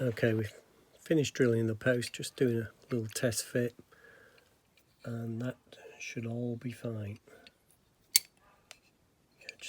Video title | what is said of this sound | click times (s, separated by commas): Lesney King Size No.1 Articulated Shovel #DieCast #Restoration | clicks into place | 8.2 s